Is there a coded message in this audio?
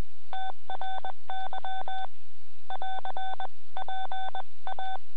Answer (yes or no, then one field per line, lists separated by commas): yes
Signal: Morse code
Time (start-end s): 0.3-5.0 s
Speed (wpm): 21 wpm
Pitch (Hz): 3500 Hz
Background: none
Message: TRY <AR> PA